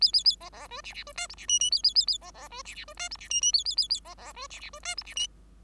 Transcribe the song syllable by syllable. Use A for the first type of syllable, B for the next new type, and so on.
A A A B B C D D C E F D G G A A A A B B C D D C E F D G G A A A A B B C D D C E F D G